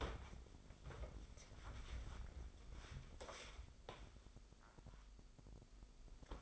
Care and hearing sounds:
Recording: daily activity, microphone in the room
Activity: wipe stove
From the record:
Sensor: 5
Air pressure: 996.2 hPa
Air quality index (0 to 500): 95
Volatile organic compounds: 5 ppm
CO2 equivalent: 1814 ppm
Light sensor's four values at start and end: 39/92/39/43 and 39/89/38/41

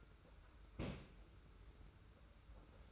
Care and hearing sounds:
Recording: daily activity, microphone in the room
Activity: place on stove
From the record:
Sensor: 2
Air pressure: 991.0 hPa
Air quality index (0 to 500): 110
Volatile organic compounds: 49 ppm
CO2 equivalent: 3280 ppm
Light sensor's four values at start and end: 34/102/40/38 and 34/102/40/38

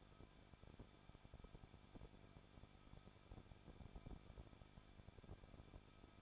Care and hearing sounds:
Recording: daily activity, microphone in the room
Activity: no activity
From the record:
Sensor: 5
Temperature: 20.8 degrees Celsius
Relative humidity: 38.6%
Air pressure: 1006.5 hPa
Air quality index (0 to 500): 192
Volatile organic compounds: 21 ppm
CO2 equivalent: 2720 ppm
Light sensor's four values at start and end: 2/3/1/1 and 2/3/1/1

